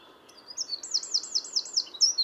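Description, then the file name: Eurasian wren song fragment: a quick series of high, downslurred notes in steady rhythm, ending with a bright higher note. "Troglodytes troglodytes"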